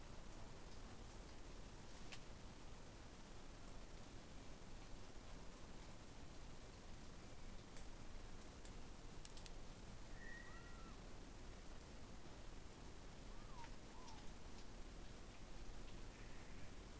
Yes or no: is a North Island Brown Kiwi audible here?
no